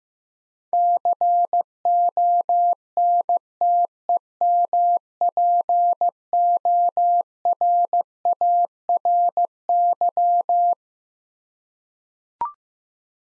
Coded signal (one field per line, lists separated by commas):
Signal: Morse code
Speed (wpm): 15 wpm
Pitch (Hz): 700 Hz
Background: none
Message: CONTEMPORARY